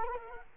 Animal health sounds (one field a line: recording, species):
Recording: mosquito wingbeat signal from an infrared sensor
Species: Culex quinquefasciatus